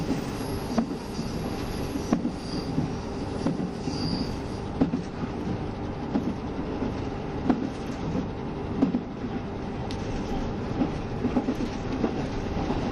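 Onboard running sound of a KiHa 72 Yufuin no Mori express between Yufuin and Ukiha: a steady low rumble of the train in motion, dense and unbroken. Sharp wheel clicks punctuate it irregularly, and brief high squeals appear early, around two and four seconds.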